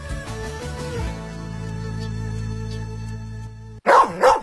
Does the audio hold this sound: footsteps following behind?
no